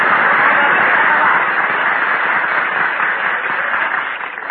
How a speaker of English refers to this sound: why do you always have to come in here and ask the audience to applaud?